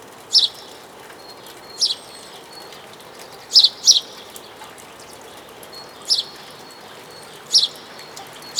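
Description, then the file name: House sparrow calling with brief sharp chirps, one or two at a time, spaced about every one to two seconds, with faint thin whistles between them. "Passer domesticus"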